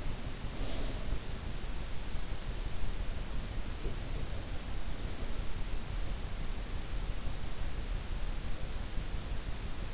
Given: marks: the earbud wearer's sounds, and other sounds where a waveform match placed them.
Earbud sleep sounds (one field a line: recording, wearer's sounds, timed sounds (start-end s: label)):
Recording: sounds in sleep by an in-ear microphone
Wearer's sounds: breath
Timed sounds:
0.00-1.45 s: breath